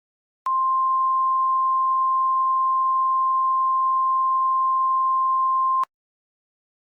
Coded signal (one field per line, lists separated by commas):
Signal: Emergency Alert System (SAME) tones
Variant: 1050 Hz attention tone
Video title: EAS Scenario: True Angel?